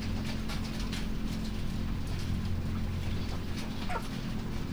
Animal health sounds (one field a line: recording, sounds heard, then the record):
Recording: poultry house recording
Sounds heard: sick chickens (respiratory disease)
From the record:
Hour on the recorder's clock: 3